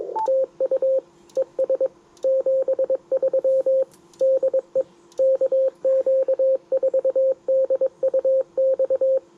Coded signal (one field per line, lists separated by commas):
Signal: Morse code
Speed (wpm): 22 wpm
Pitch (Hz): 530 Hz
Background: radio noise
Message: TU ES 73 DE KQ4DUX